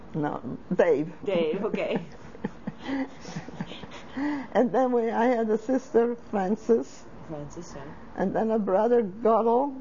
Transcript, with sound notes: No, Dave. ( she laughs )
Dave, okay. ( they laugh )
And then I had a sister Frances, and then a brother Zoldel,